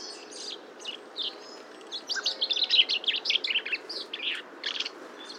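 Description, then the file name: Common chaffinch calls: a rapid, irregular run of short high chirps and twitters over a steady background hiss. "Fringilla coelebs"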